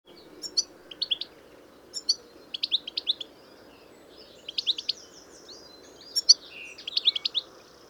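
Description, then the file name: European goldfinch calling, clusters of bright liquid chirps and short twittering phrases in spaced bursts against a steady low rumble. "Carduelis carduelis"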